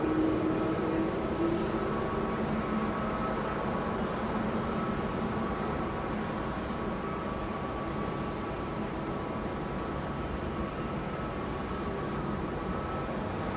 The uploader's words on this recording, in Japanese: 飛行場の音 – Airfield。羽田空港で録音しました。エンジン音は常に鳴っていますが、コロナの影響で飛行機の発着が少ないですね…。たまに飛び立とうとするエンジンの発信音。